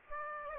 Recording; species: mosquito wingbeat signal from an infrared sensor; Aedes aegypti